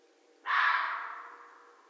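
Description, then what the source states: Red fox call: a single gravelly shriek, sharp onset, then a long, drawn-out decay. Recorded 13 January 2012.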